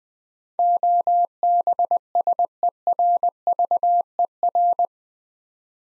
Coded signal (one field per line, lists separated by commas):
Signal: Morse code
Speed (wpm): 20 wpm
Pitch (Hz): 700 Hz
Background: none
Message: OBSERVER